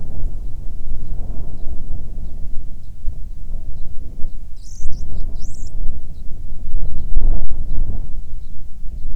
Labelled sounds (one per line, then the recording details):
bird
wind
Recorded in the Arctic National Wildlife Refuge, Alaska, on 9 July 2019 at 22:24
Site 48